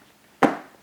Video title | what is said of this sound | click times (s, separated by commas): Gran Patron Smoky Tequila Review | This just snaps right in. | 0.4 s